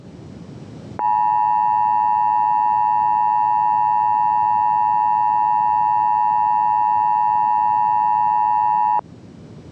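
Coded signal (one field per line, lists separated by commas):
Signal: Emergency Alert System (SAME) tones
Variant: 853 and 960 Hz attention tone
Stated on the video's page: Simulated wildfire EAS scenario.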